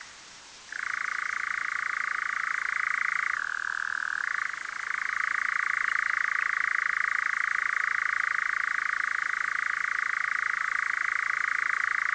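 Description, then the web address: European nightjar churr starting after a short pause, a continuous rapid reeling trill with one brief dip to a lower pitch before settling into a long unbroken run. "caprimulgus europaeus call"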